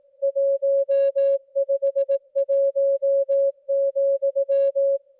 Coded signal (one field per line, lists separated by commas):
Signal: Morse code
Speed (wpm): 18 wpm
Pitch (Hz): 550 Hz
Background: music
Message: 151,